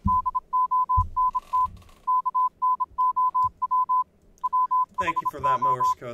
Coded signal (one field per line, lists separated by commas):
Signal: Morse code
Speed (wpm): 27 wpm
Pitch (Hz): 1010 Hz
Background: speech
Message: DONT KNOW WHO